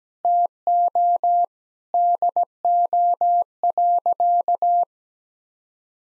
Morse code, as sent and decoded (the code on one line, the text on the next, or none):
- --- / -.. --- .-.-.-
TO DO.